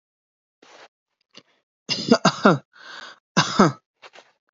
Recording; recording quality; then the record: shallow voluntary cough; excellent, no background noise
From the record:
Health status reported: healthy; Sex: male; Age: 23 years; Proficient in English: yes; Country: India